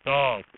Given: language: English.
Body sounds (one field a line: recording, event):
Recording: throat vibration sensor signal played as sound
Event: speech